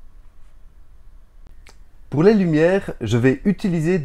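Two 3D-printed plastic halves of a trophy stand, with a little glue, are pushed together as a male part into a female part. A short, sharp snap is heard at 1.7 s as the parts seat together, and then someone talks.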